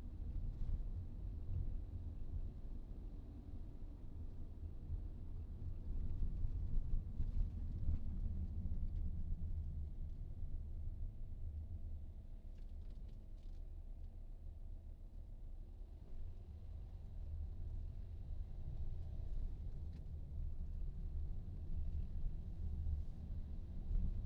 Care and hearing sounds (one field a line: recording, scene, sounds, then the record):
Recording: everyday scene through a hearing-aid microphone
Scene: in a vehicle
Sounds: engine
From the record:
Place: VW T5 Caravelle, diesel engine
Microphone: in the ear canal, right